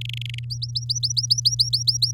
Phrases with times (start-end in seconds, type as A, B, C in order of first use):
0.01-0.45 A, 0.50-2.12 B